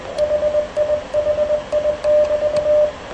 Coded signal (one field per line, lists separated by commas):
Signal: Morse code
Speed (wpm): 20 wpm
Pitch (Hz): 600 Hz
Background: radio noise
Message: HIHI<BT>